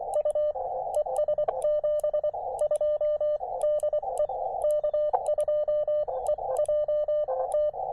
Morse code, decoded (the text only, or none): U ES 72 DE K2EJT